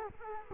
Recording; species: mosquito wingbeat signal from an infrared sensor; Culex quinquefasciatus